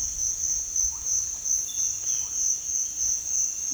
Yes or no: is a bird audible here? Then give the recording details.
no. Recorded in dense forest near Puerto Asís, Putumayo, Colombia, on 21 December 2024 at 06:00. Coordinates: 0.467, -76.328. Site GP05